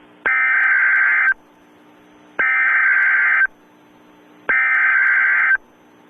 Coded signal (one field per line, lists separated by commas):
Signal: Emergency Alert System (SAME) tones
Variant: header bursts